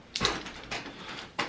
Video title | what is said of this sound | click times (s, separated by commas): 1TB Flash Drive ***SCAM???*** 🧐 | um it doesn't hold on great um the the little clicker in here is kind of losing its thing um | 0.2 s, 1.4 s